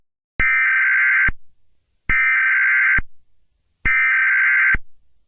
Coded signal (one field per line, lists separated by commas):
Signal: Emergency Alert System (SAME) tones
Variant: header bursts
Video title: EAS Scenario: The red eye man (FULL SERIES) (analog horror)